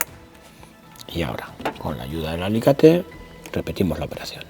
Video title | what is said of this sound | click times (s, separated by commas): Mercedes GLC [X253] 2015- 2019 Montaje de enganche y kit electrónico [787] | et vous vous assurez qu'il est bien en place. Vous faites clic | 0.0 s